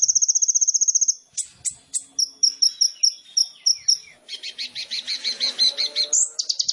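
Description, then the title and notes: Sunbird song beginning with a fast high trill, then sharp notes, repeated chirps and a scratchy buzzing trill sequence. Indonesian masteran training recording of an actively singing (gacor) kolibri ninja, full of isian (song fill-ins) and tembakan (sharp burst phrases), intended as pancingan to stimulate other birds. "MASTERAN KOLIBRI NINJA TERBAIK FULL ISIAN DAN TEMBAKAN MEWAH COCOK BUAT PANCINGAN. Suara Burung Kolibri Ninja Gacor"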